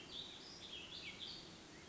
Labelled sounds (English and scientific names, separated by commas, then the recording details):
Warbling Vireo (Vireo gilvus)
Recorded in Sonoma County, California